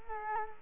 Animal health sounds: mosquito wingbeat signal from an infrared sensor; Culex quinquefasciatus

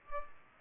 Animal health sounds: mosquito wingbeat signal from an infrared sensor; Culex pipiens

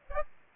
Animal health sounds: mosquito wingbeat signal from an infrared sensor; Aedes aegypti

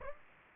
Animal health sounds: mosquito wingbeat signal from an infrared sensor; Aedes aegypti

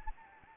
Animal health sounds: mosquito wingbeat signal from an infrared sensor; Anopheles gambiae

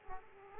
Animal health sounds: mosquito wingbeat signal from an infrared sensor; Aedes aegypti

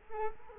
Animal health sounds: mosquito wingbeat signal from an infrared sensor; Culex quinquefasciatus

